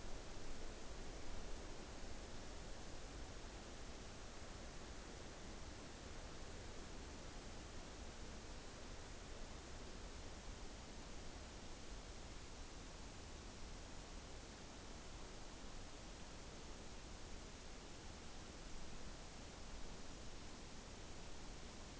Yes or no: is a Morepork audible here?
no